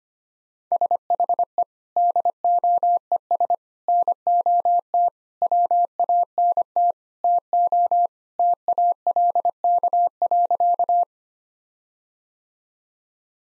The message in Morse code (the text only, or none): SHE DOES NOT WANT TO TALK.